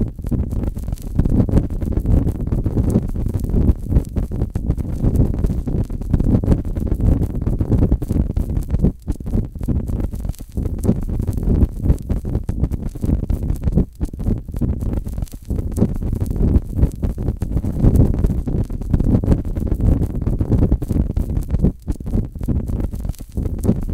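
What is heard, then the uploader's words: A fire burns steadily with a soft, dense rumble that stays low and warm throughout. The texture is continuous and fluttering, broken only by brief momentary dips, with little brightness above the deep roar and no distinct pops standing out. Fluttering Flame: Tranquil Ambience for Sleep and Meditation.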